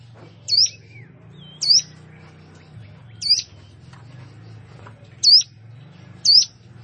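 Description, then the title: Plain prinia calling with five separate high hooked notes at uneven intervals, over a constant low hum. "Ciblek Sawah"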